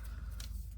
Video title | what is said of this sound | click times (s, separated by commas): How To: Replace rear brake discs and pads (Jaguar F Type) - Guzzoline Garage | Hear that little snap? That means it's released. | 0.4 s